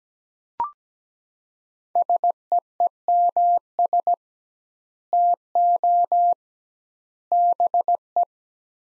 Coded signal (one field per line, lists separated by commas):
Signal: Morse code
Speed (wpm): 17 wpm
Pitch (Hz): 700 Hz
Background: none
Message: SEEMS TO BE